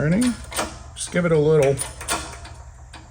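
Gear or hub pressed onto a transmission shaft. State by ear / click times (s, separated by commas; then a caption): seated / 2.9 s. During a transmission rebuild, a steel gear or hub keyed onto the shaft gets a final light push while someone talks. A single short, sharp click at 2.9 s marks the part locking onto the shaft, fully seated.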